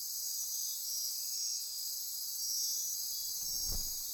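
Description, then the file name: Chorus of insects, constant high ringing trills from numerous callers, with a brief low thump near the end. Insect chorus recorded at midnight near Corcovado. "Wind-is-the-Original-Radio-Fridays 20240628 Andy-Martin Midnight-Insect-Chorus-Near-Corcovado"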